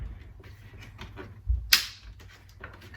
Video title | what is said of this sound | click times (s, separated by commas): E90 BMW 328i (N52) Coil Pack Replacement | okay so you hear the three clicks that's solidly in place now | 1.0 s, 1.7 s, 2.6 s